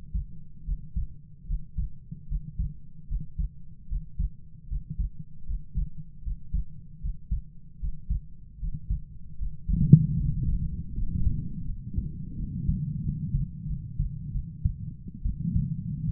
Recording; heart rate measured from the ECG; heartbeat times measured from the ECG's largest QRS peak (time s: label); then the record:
heart sounds by stethoscope; 78 bpm
0.65 s: heartbeat
1.47 s: heartbeat
2.28 s: heartbeat
3.08 s: heartbeat
3.88 s: heartbeat
4.68 s: heartbeat
5.46 s: heartbeat
6.23 s: heartbeat
7.01 s: heartbeat
7.80 s: heartbeat
8.60 s: heartbeat
9.38 s: heartbeat
10.17 s: heartbeat
10.95 s: heartbeat
11.66 s: heartbeat
12.36 s: heartbeat
13.03 s: heartbeat
13.67 s: heartbeat
14.33 s: heartbeat
15.23 s: heartbeat
16.06 s: heartbeat
From the record:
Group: healthy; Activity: breath hold 0-11 s, rest 11-16 s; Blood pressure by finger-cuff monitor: 114/60 mmHg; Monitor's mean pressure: 77 mmHg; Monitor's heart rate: 77 bpm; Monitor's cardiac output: 7.2 L/min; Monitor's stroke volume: 93 mL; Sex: female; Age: 22 years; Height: 160 cm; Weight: 63 kg